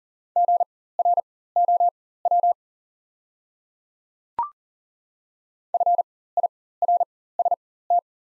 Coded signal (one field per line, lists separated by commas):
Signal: Morse code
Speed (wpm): 40 wpm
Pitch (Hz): 700 Hz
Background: none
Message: GROW FIRST